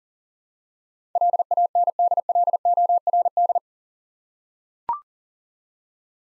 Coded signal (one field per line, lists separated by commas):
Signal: Morse code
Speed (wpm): 40 wpm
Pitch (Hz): 700 Hz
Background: none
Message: LANDLORD